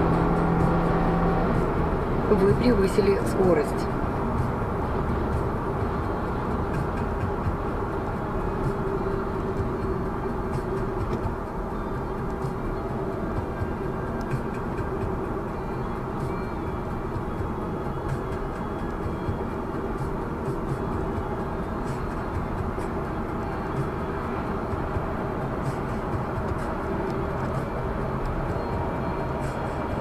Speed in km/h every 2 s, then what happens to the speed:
111, 107, 104, 97, 89, 82, 79, 80, 78, 77, 78, 76, 75, 69, 70.
0-30 slows to 70.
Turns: none.